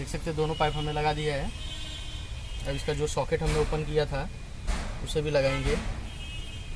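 On a Tata Harrier diesel during a fuel filter replacement, the plastic electrical connector unplugged from the diesel filter's water sensor is being handled to push it back on while someone talks. Nothing has seated or clicked yet. Faint background noise runs underneath the speech.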